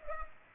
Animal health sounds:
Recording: mosquito wingbeat signal from an infrared sensor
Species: Culex pipiens

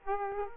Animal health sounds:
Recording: mosquito wingbeat signal from an infrared sensor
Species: Aedes aegypti

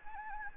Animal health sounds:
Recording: mosquito wingbeat signal from an infrared sensor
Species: Anopheles gambiae

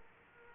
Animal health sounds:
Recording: mosquito wingbeat signal from an infrared sensor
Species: Aedes aegypti

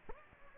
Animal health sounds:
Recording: mosquito wingbeat signal from an infrared sensor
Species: Aedes aegypti

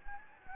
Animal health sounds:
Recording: mosquito wingbeat signal from an infrared sensor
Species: Anopheles gambiae

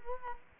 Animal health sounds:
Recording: mosquito wingbeat signal from an infrared sensor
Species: Culex quinquefasciatus

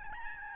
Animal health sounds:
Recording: mosquito wingbeat signal from an infrared sensor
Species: Aedes albopictus

